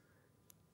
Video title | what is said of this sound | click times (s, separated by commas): JewelleryMaker LIVE 20/12/22 | clicks into place | 0.5 s